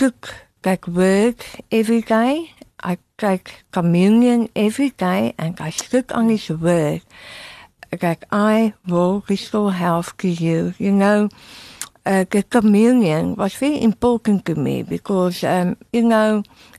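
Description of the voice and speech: An adult woman, a tongue cancer survivor whose tongue was removed and reconstructed with a radial forearm free flap, speaks in a clear, well-voiced conversational voice after speech therapy, but tongue-tip sounds are distorted. T and d come out as back g or k sounds, and r is replaced by l. This articulation pattern fits speech after tongue removal.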